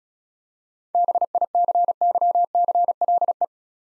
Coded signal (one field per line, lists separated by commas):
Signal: Morse code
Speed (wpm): 36 wpm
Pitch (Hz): 700 Hz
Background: none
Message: BICYCLE